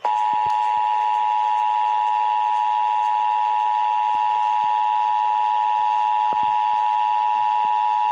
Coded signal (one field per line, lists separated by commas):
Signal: Emergency Alert System (SAME) tones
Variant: 853 and 960 Hz attention tone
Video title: EAS: Pennsylvania Required Monthly Tests (3/19/20)(EAS #275-280)